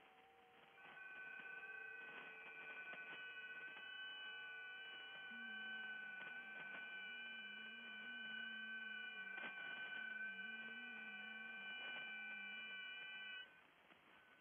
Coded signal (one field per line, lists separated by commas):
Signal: FT8